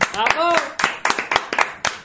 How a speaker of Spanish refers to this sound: Sí, señor. Un aplauso.